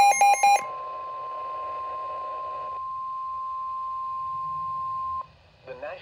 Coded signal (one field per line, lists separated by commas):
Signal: Emergency Alert System (SAME) tones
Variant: 1050 Hz attention tone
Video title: NOAA Weather Radio - EAS Doubleheader SVR & Tornado Watch #109 [EAS #281-#282] (4/1/23)